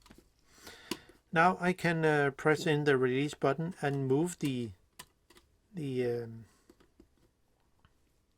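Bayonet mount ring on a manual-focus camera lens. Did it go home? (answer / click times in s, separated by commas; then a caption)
no / none. Someone talks while pressing in the release button on a Canon FDn 50mm 1:1.4 manual-focus camera lens and handling its metal bayonet mount ring, with a few faint, sharp handling ticks around 0.9 s and 5.0 s. The mount ring has not yet clicked into its locked position; nothing has seated by the end of the clip.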